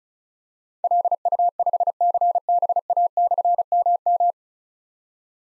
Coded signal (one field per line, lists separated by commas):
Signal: Morse code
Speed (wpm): 36 wpm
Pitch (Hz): 700 Hz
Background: none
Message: LU5CBA/MM